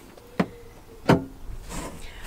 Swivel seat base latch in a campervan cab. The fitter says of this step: will just spin around and they will click into the front position with